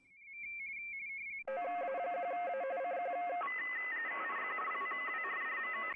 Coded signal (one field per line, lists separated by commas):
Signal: RTTY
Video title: CQ WW RTTY Contest Livestream 28/09/24